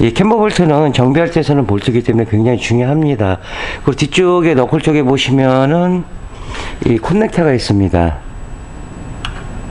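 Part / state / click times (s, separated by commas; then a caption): wiring harness connector at the rear suspension knuckle / not seated / none. A man talks while handling a wiring harness connector at the rear suspension knuckle during an undercoating job; the connector was kept free of coating by masking. A brief sharp tick is heard near 9.3 s as the clip ends, but the connector is still only being handled and nothing has seated or clicked home yet.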